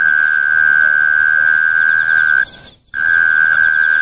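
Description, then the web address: Mole cricket trill, a constant high-pitched buzzing tone that breaks off for about half a second, then resumes unchanged. "sikioto insect kera"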